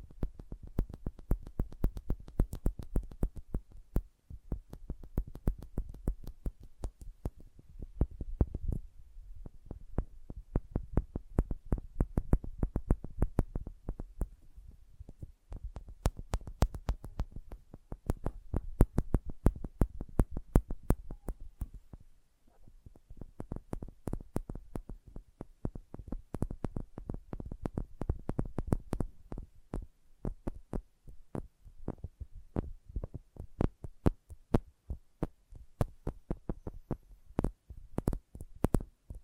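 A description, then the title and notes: Soft, sensitive tapping comes in quick, dense runs of short clicks, each tap carrying a dull low thud with a thin bright tick above it. The bursts pause briefly around 4, 9, 15 and 22 seconds, then resume at a similar pace. Sensitive Tapping.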